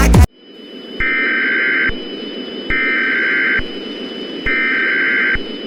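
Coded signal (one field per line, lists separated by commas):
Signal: Emergency Alert System (SAME) tones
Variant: header bursts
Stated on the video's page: Fictional EAS scenario, a simulated horror alert.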